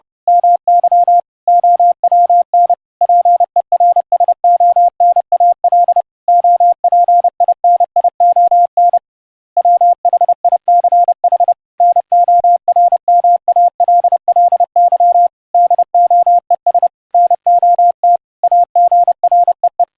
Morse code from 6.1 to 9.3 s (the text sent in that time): OPINION